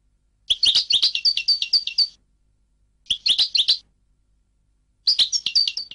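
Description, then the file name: European goldfinch song in three bursts of rapid, tinkling, twittering notes, each under two seconds long, separated by short silences. "audio burung goldfinch"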